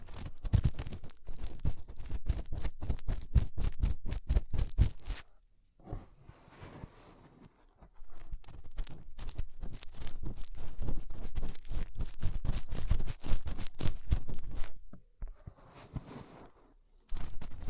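Fingers rub and scratch inside an ear, starting with a rapid, regular run of sharp crackling taps for about five seconds. After a short pause, softer rustling and scraping follows in uneven bursts, with a few more tapping clusters and brief quiet gaps near the end.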